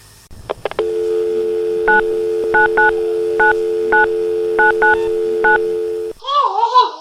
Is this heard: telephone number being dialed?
yes